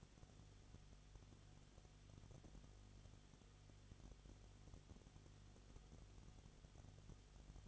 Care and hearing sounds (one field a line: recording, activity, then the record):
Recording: daily activity, microphone in the room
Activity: no activity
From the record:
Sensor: 4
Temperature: 22.7 degrees Celsius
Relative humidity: 31.7%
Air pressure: 995.4 hPa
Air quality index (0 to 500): 159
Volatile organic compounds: 2 ppm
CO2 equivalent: 1259 ppm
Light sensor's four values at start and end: 2/3/1/1 and 2/3/1/1